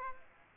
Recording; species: mosquito wingbeat signal from an infrared sensor; Aedes aegypti